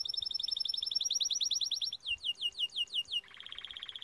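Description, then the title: Timbrado canary song: a fast metallic trill, then a slower series of descending swept notes, shifting into a lower rapid rattling trill. Canary training video for Timbrado song. "Canary Bird Singing - Timbrado training video"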